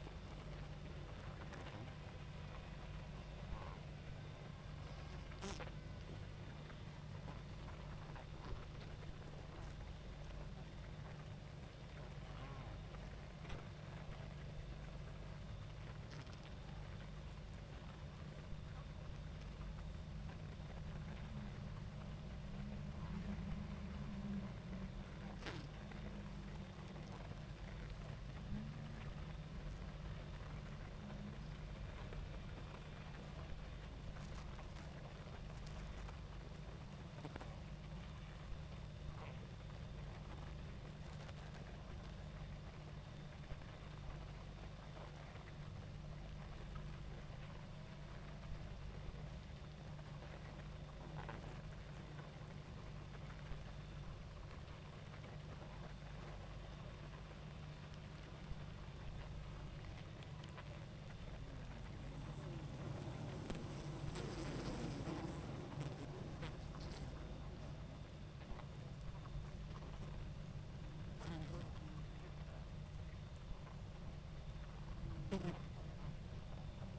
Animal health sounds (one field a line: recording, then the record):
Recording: honeybee colony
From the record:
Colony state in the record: active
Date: 28 July 2017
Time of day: 20:20